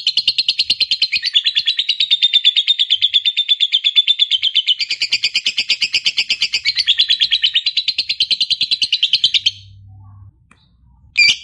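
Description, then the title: Lovebird song: a long, fast, buzzy chattering trill of rapid repeated notes, running continuously for about nine seconds, then a pause and a brief final chirp. Recording used to prompt a lazy lovebird into eager, spontaneous singing. "LOVEBIRD Malas Bunyi JADI GREGET SPONTAN Langsung NARIK"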